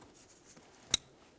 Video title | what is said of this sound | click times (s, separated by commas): How to Replace HVAC Blower Motor Assembly 2005-2010 Dodge Dakota | listen for a click give it a tug to make sure it's secured | 0.9 s